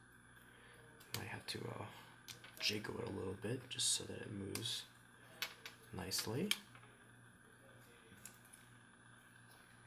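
Someone talks while rotating and jiggling the middle plastic frame of a cube enclosure over its plastic tabs, producing brief handling clicks and rattles between the speech. The frame has not snapped into place yet; nothing has seated by the end of the clip.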